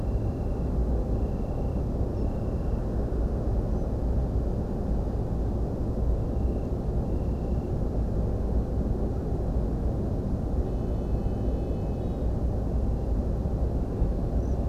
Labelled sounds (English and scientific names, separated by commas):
European Pied Flycatcher (Ficedula hypoleuca), man-made sound